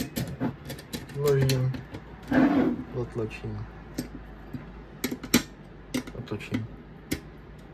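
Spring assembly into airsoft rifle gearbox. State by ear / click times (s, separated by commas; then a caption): seated / 7.1 s. Someone talks while inserting a spring into the gearbox of a Lancer Tactical LT-32 13" airsoft rifle during a PerunV2 Hybrid installation, then turns the part until it catches, with several small ticks and taps along the way. A short, sharp tick at 7.1 s marks the part snapping in and seating.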